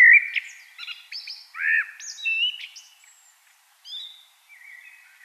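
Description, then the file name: Common blackbird song phrase: varied whistled and slurred notes mixed with thin, high squeaky flourishes, fading into softer trailing notes. "Turdus merula"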